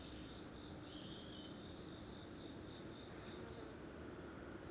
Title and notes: 대한민국 서울특별시 서초구 방배5주택재건축지역 - Bangbae 5th Deconstruction Zone, Cricket. 방배5주택재건축지역, 낮 귀뚜라미